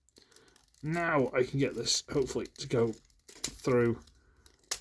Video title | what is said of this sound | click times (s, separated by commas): Vid 756 Rotf Deluxe Sideswipe | and lock into place okay | 4.7 s